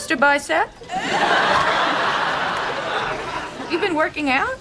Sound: laughter

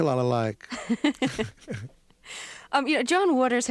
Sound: laughter

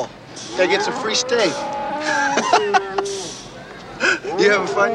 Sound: soundbite of bull roaring and laughter

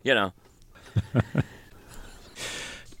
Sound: soundbite of laughter

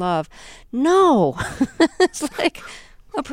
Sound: soundbite of laughter

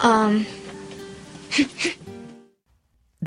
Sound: huffing

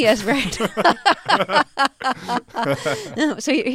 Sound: soundbite of laughter

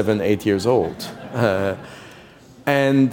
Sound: laughter

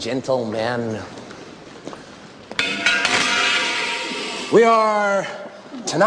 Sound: soundbite of footsteps, clanking

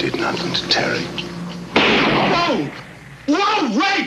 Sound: soundbite of gunshot

